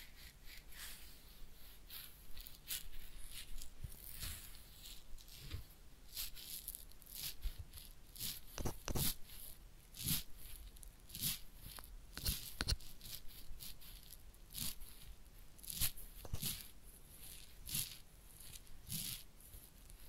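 Head massage and ear cleaning give a steady run of soft scratching, rubbing and brushing sounds across the whole twenty seconds. Sharper crackles and taps stand out every second or so, especially around the middle, over a quiet, hissy background.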